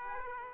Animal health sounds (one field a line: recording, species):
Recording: mosquito wingbeat signal from an infrared sensor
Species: Aedes aegypti